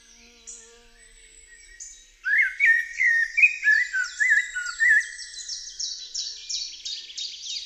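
Common blackbird song: after faint high notes, a loud low fluting warble of slurred whistles, then a rapid series of high squeaky twitters.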